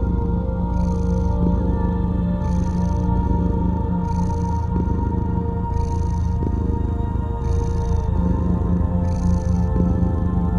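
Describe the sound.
Cat purring, a deep continuous rumble running throughout, with steady sustained tones and soft airy bursts returning roughly every one and a half seconds.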